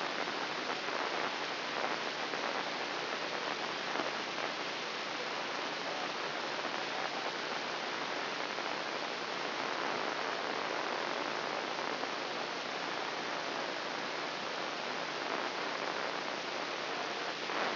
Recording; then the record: brain microelectrode recording played as sound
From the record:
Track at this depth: inside the subthalamic nucleus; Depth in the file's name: 4.107 mm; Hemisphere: left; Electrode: 2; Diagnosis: Parkinson's disease